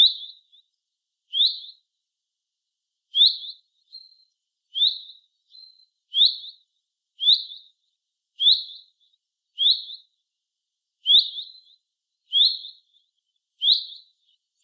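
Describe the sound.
Common chaffinch repeating a short whistled call at a steady pace, with softer notes between.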